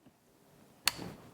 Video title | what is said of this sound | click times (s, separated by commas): Borka PTL User Guide - Borka Tools Precision Torque Limiter | then it's going to click. You're going to feel and hear that | 0.9 s